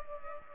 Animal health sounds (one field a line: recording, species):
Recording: mosquito wingbeat signal from an infrared sensor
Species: Culex pipiens